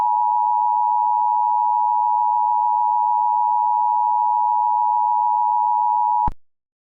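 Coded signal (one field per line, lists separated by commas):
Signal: Emergency Alert System (SAME) tones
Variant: 853 and 960 Hz attention tone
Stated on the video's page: Fictional EAS scenario.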